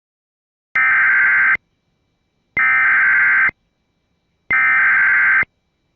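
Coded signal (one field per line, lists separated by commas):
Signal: Emergency Alert System (SAME) tones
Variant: header bursts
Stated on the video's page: EAS tones of a Flash Flood Warning relayed on WJON.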